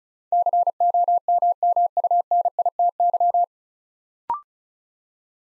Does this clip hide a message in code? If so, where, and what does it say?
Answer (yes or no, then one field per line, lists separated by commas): yes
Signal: Morse code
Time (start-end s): 0.3-3.4 s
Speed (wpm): 36 wpm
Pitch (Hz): 700 Hz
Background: none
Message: COMMUNITY